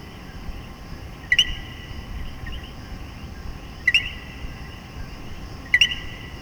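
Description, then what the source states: Three widely spaced common coquí calls, each a short low note rising into a higher whistled note, with a steady droning chorus between them. In Puerto Rico.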